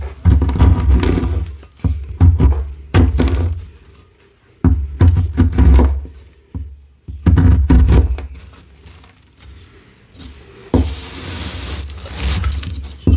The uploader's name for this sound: Chopping, Glassy Crushing with Kids